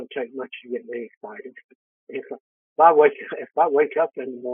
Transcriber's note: laughs